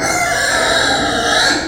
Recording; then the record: squeal of a Yucatan mini pig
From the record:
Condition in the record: before surgery on the right vocal fold (resection and tissue-engineered implant); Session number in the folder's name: 3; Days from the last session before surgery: 0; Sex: female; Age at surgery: 19 weeks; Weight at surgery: 25 kg